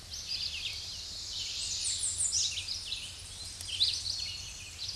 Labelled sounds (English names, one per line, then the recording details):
American Redstart song
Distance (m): 20 m
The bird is about 15 m above the microphone
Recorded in a Pennsylvania forest on 16 May 2024 at 07:46
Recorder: AudioMoth, point MSD-2273
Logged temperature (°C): 16.0 °C
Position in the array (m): 59 m, 213 m